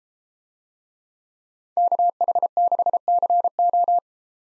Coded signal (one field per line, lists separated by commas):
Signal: Morse code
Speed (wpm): 32 wpm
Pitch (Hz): 700 Hz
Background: none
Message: KH6CO